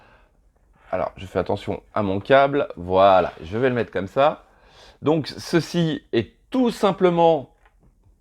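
A plastic battery box is being handled at the back of a decorative building model, ready to clip on so the lighting can be switched on and off. Someone talks throughout, with a faint tick near the end at 7.7 s. Nothing has clipped or seated yet.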